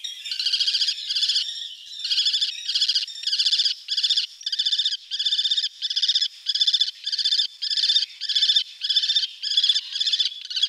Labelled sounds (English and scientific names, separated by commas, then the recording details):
Common Kestrel (Falco tinnunculus)
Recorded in the wild
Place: Oberrotweil am Kaiserstuhl, Baden-Württemberg, DE
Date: 1978-05-13
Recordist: Schwarz, Dieter